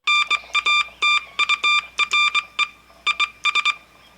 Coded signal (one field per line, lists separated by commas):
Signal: Morse code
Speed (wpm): 21 wpm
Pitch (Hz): 2400 Hz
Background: none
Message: NATURE IS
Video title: FM NewsTalk 97.1 - Fox News Radio - St. Louis, MO